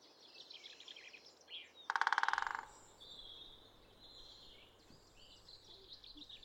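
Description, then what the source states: Great spotted woodpecker drumming: a single quick rattle of strikes under a second long, with other small birds singing softly before and after. Non-vocal drumming; the species is a fairly recent addition to the Irish soundscape.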